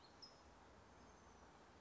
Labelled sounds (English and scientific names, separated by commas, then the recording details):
California Towhee (Melozone crissalis)
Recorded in Sonoma County, California